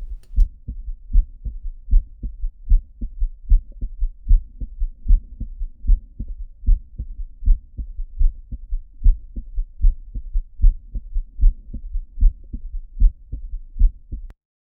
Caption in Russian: Верхушка сердца. Артальный тон изгнания здесь самый тихий. Также слышен третий тон, который говорит о серьезном прогнозе.